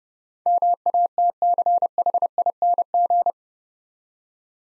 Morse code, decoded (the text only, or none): MATCHING